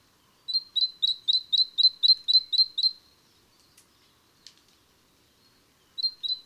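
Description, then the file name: Great tit repeating ten high notes in a quick even series, then a couple of faint clicks and a short restart of two notes. "Great-Tit- -Parus-major"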